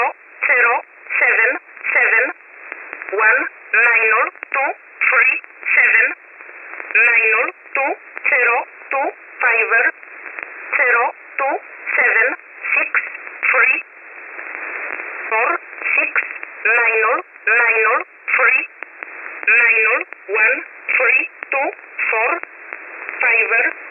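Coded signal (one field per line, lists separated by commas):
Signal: numbers station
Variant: E11 Oblique, English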